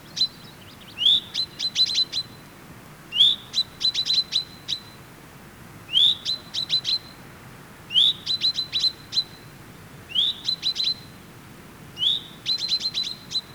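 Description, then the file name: Common chaffinch calls in a steady pattern: each phrase is a rising slurred note, then a run of sharp, high chips, repeated every two to three seconds. "Fringilla coelebs"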